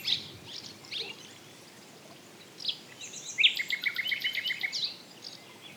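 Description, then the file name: Common nightingale song: scattered short notes, then a rattling trill mixed with thin whistled notes. "Luscinia megarhynchos"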